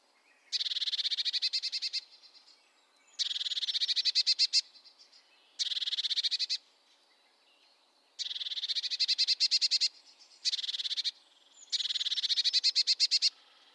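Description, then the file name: Eurasian blue tit churring: six rapid buzzy rattles of pulsed notes, each about a second or two long, with short pauses between. "Cyanistes caeruleus"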